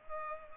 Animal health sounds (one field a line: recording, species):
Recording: mosquito wingbeat signal from an infrared sensor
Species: Culex pipiens